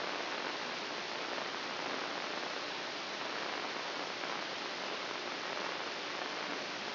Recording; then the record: brain microelectrode recording played as sound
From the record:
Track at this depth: inside the subthalamic nucleus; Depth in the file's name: 6.904 mm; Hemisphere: left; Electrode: 2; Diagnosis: Parkinson's disease